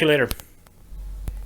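An Intel i5-6600 desktop processor is handled at the socket of an MSI Z170A PC MATE motherboard, with its metal load plate and retention lever. Someone talks briefly at the start, followed by quiet handling with faint, sharp ticks around 0.7 s and 1.3 s. Nothing has seated or clicked yet, and the lever has not latched.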